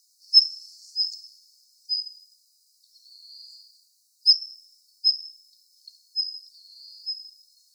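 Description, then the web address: Daurian redstart calls: thin, high whistled notes, single or paired, at irregular intervals, with a few softer drawn-out rasping notes between them. Recorded 23 March 2016. "birdenaga jobitaki 160323"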